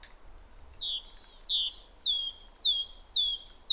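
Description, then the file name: Great tit song: a fast, steady string of two-note phrases, each a high note slurring down to a lower one, repeated about twice a second. "Parus major"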